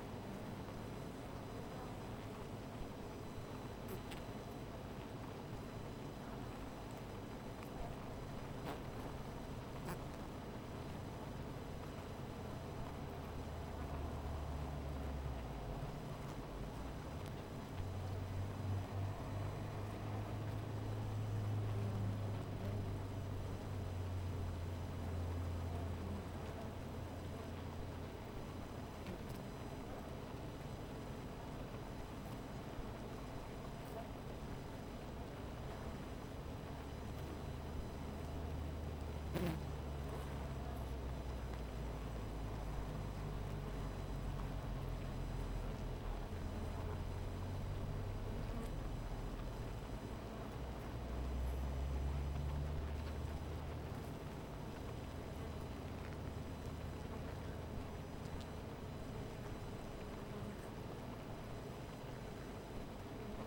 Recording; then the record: honeybee colony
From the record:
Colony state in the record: missing queen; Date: 14 July 2017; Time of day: 17:13